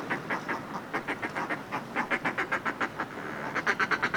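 Northern fulmar cackling call, a fast run of harsh, rhythmic clucking notes.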